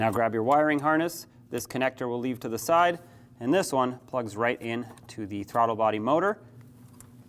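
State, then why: Seated. A wiring harness connector on a 2009-2010 Dodge Ram 1500 is pressed onto the throttle body motor while someone talks, with another connector left to the side. A sharp click at 7.0 s marks the connector seating on the throttle body motor, and it is locked in.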